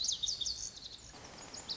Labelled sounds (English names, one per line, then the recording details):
Lazuli Bunting
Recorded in Sonoma County, California